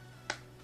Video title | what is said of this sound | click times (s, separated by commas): Airsoft -[Review]- Holster GK Tactical 5X79 -[TMC]- | font entendre un petit clip pour qu'ils soient bien fixées voilà | 0.3 s